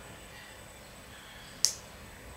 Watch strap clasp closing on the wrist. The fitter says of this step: ऐसे करें डिश में यह लॉक कर दे यह देखिए लॉक